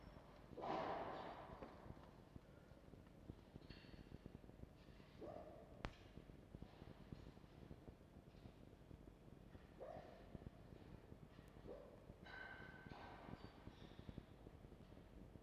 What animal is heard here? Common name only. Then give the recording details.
Red Fox. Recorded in captivity. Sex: female. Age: adult. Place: Zoologisches Institut der HUB, Berlin, DE. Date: 1952-01-28 12:00. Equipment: Elmetra. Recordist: Tembrock, Günter